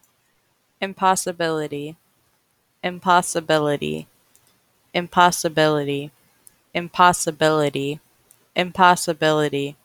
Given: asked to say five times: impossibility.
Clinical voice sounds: repeated word; female; 20 to 29 years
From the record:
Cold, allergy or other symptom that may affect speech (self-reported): no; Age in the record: 27 years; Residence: Ohio, United States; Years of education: 13

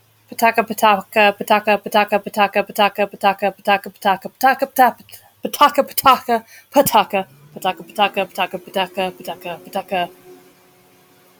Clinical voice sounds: repeated syllables /pa ta ka/; female; 30 to 39 years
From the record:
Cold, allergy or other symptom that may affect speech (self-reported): no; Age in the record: 36 years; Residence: Florida, United States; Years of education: 17

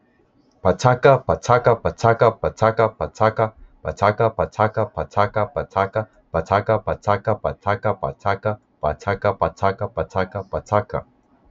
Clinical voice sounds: repeated syllables /pa ta ka/; male; 20 to 29 years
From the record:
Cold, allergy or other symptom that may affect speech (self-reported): no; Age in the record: 26 years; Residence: Pennsylvania, United States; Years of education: 14

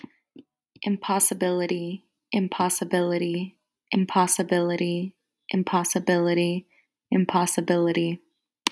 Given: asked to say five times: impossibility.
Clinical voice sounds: repeated word; female; 20 to 29 years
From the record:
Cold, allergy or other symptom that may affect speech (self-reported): no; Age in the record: 25 years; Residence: Colorado, United States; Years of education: 17

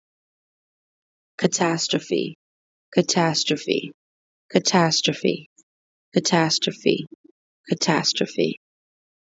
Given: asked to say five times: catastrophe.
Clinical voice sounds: repeated word; female; 20 to 29 years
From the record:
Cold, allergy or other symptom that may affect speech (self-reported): no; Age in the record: 29 years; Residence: United States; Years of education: 14

